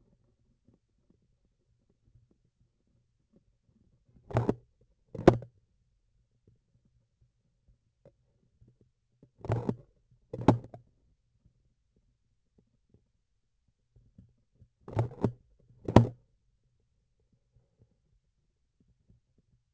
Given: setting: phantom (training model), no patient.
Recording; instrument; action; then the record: laparoscopic instrument, vibration sensor on the handle end; grasping forceps; opening and closing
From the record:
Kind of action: tool actuation without material contact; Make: other than Olympus